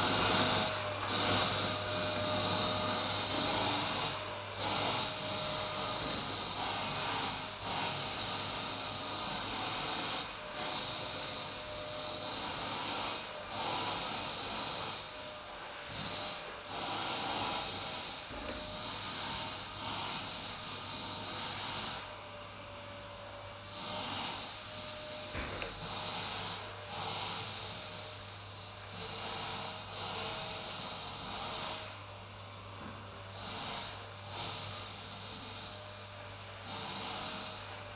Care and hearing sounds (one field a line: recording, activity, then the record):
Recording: daily activity, microphone in the room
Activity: vacuum cleaning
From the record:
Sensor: 2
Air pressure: 991.7 hPa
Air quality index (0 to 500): 203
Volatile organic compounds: 1000 ppm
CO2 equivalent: 6707 ppm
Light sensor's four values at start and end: 25/81/31/29 and 26/82/32/29